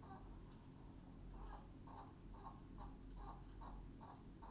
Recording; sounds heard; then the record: poultry house recording; healthy chickens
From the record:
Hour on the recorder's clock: 21